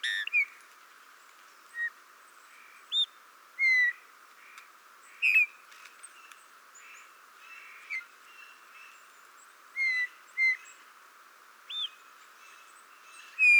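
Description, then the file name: Eurasian bullfinch soft whistled calls, several scattered throughout, some falling and some rising in pitch. "Pyrrhula pyrrhula"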